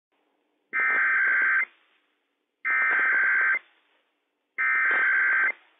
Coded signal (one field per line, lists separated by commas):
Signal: Emergency Alert System (SAME) tones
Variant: header bursts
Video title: WSEOC Required Weekly Test - WWF56 - EAS #61 - 11:00 AM PST 3/2/21